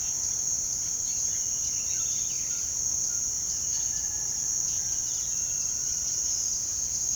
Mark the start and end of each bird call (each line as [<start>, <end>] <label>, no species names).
[1.14, 7.15] bird call